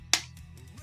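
A plastic panel on a transforming robot toy is clipped down onto the toy's body with a single sharp, bright snap at 0.1 s, followed by a few faint, soft sounds. The panel seats.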